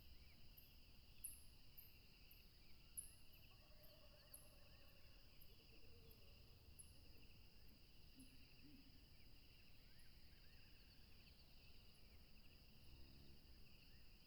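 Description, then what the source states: Crickets keep up an unbroken shrill trill on two steady pitch bands while sharp, high falling chirps repeat through most and a deep rushing noise fills the background. Tropical river setting.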